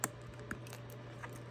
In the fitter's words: let's go ahead and give it a try let's see if this thing fits right all right listen for that snap